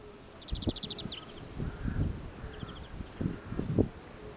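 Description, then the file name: Common chaffinch song: a fast, even trill of bright repeated notes ending in a brief downward flourish, followed later by a shorter trill, over low thumping and rustling noise. "Fringilla coelebs"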